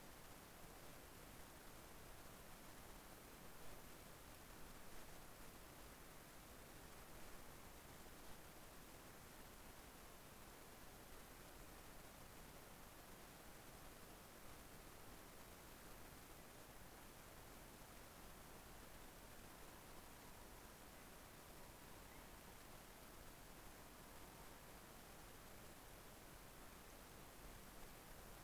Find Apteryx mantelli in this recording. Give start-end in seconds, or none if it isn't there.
none